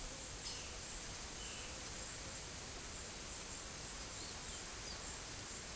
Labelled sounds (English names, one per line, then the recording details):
none
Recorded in secondary vegetation near Puerto Asís, Putumayo, Colombia, on 22 December 2024 at 13:30
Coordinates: 0.489, -76.322
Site G059